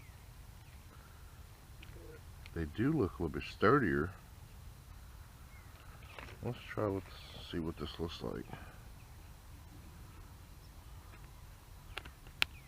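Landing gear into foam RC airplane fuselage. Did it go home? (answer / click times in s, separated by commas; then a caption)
yes / 12.4 s. Landing gear wheels are fitted into the foam body of a RAGE RC Spitfire Micro Series plane while someone talks. A few small handling taps follow, then the gear snaps into place with a sharp click at 12.4 s.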